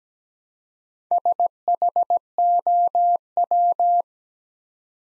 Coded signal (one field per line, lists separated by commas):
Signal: Morse code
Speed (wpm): 17 wpm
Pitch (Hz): 700 Hz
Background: none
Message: SHOW